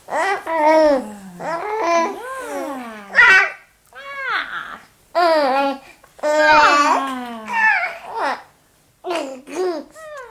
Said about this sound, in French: Si l'on se plonge dans l'esprit du bébé, qui ne parle pas tout à fait encore, mais qui comprend, il appelle, il désire quelque chose, il appelle, il tente de dire quelque chose.